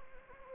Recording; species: mosquito wingbeat signal from an infrared sensor; Anopheles gambiae